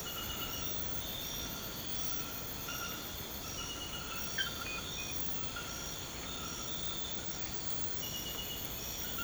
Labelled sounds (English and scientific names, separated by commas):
none